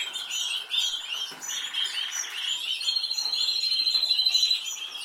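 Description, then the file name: Canary singing fast chattering phrases, then a sustained high whistled note with rapid rolling trills underneath toward the end. "Canary Voice"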